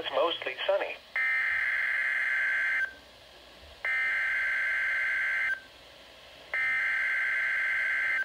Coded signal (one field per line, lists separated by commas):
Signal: Emergency Alert System (SAME) tones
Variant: header bursts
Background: speech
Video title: Severe Thunderstorm Watch #239 [EAS #5]